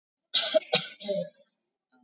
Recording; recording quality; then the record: shallow voluntary cough; moderate, slight background noise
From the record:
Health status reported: COVID-19 positive, moderate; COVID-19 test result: positive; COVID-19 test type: RT-PCR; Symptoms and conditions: cough, cold, sore throat, fever, muscle pain, loss of smell and taste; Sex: female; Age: 21 years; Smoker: no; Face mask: worn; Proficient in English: yes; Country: India